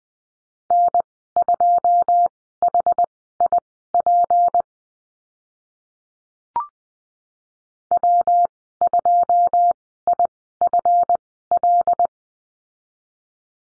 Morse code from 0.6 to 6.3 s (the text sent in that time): N2HIP